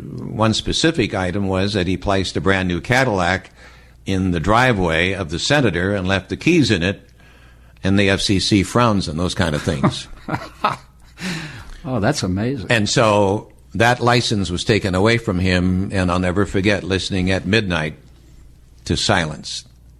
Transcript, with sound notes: one specific item was that he placed a brand new Cadillac in the driveway of the senator and left the keys in it, and the FCC frowns on those kind of things.
(Laughing) Oh, that's amazing.
And so that license was taken away from him, and I'll never forget listening at midnight to silence.